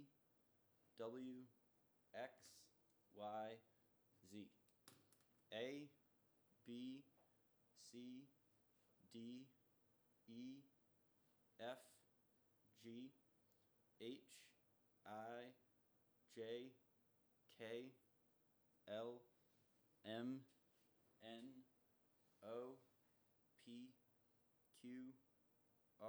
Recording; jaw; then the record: letters of the alphabet, spoken; free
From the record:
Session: first day, before the bite bar